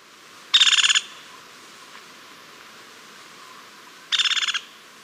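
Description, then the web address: Crimson-mantled woodpecker calling with two brief, fast pulsed chattering bursts about three and a half seconds apart, otherwise quiet. In Ecuador. "Birds of Ecuador. Crimson-mantled Woodpecker"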